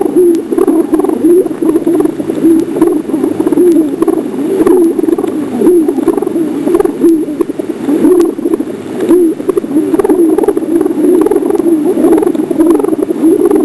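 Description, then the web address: Pigeons cooing: low, soft coos repeated in a steady stream, over continuous rustling and shuffling noise. "Soundsation. Animals Pigeons"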